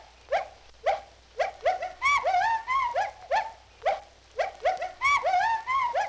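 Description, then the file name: Gibbons hooting with spaced upward whoops, then quick bursts of trembling, rising-and-falling notes, twice. "G 12-23-Gibbons Hooting"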